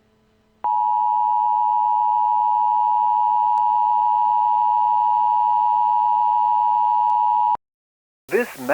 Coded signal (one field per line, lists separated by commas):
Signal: Emergency Alert System (SAME) tones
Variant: 853 and 960 Hz attention tone